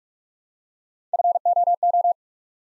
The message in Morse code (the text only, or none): FOO